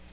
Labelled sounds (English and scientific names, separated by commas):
Nashville Warbler (Leiothlypis ruficapilla) flight call